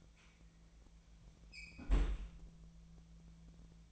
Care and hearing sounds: daily activity, microphone in the room; close fridge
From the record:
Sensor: 1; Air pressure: 1009.7 hPa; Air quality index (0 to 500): 191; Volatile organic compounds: 18 ppm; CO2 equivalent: 2614 ppm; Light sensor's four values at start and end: 33/85/35/43 and 33/85/35/43

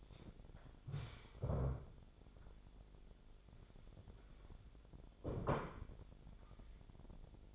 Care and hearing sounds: daily activity, microphone in the room; stand up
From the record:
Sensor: 5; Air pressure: 1007.9 hPa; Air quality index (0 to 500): 152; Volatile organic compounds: 3 ppm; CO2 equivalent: 1461 ppm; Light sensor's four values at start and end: 56/160/62/61 and 56/159/62/61

